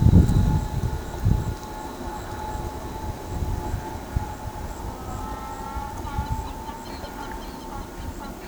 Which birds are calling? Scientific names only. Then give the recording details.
Vanellus chilensis. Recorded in pastures near Pivijay, Magdalena, Colombia, on 14 April 2023 at 14:30. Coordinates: 10.456, -74.369. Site P6-G026